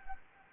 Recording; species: mosquito wingbeat signal from an infrared sensor; Anopheles gambiae